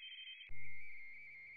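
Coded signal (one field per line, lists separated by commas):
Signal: RTTY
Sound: warbling two-tone data chirping between close pitches, preceded by another higher warble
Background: low hum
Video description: A.R.I. International DX Contest *** SO2V LP RTTY ***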